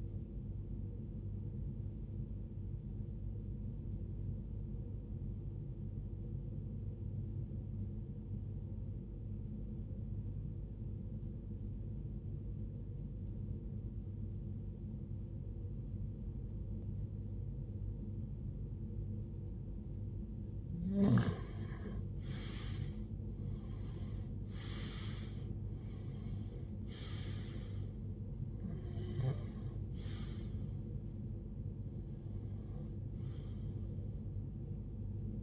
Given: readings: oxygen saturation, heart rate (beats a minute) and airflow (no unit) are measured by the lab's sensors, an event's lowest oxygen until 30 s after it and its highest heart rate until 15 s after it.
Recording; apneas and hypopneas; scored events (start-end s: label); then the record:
breathing in sleep by a smartphone at the bedside; 1
3.00-26.00 s: hypopnea (N1, oxygen 95% highest, then 93% lowest, heart rate 64 at the start, 74 highest)
From the record:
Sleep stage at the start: N1 (lightest sleep); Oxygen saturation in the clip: 93 to 95%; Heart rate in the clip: 46 to 74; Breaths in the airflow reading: 8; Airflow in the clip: -16.7 to 14.0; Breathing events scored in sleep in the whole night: 389 in 6.3 hours asleep